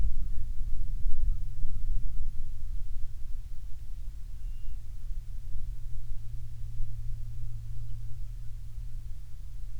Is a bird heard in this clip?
yes